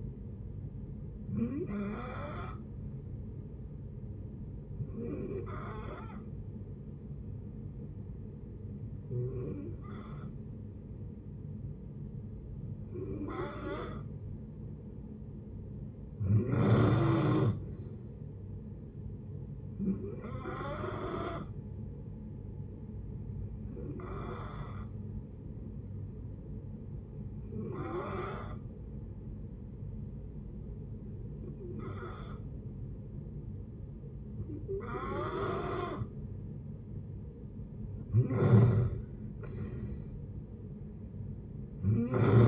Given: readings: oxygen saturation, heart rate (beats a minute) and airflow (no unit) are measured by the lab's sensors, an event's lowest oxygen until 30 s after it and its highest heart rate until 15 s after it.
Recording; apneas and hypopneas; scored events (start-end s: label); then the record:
breathing in sleep by a smartphone at the bedside; 2
4.00-17.60 s: hypopnea (N2, oxygen 92% highest, then 90% lowest)
23.00-35.90 s: hypopnea (N2, oxygen 92% highest, then 88% lowest)
From the record:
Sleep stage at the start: N2 (light sleep); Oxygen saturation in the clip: 89 to 93%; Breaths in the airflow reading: 11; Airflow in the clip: -6.5 to 7.1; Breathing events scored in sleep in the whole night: 496 in 5.4 hours asleep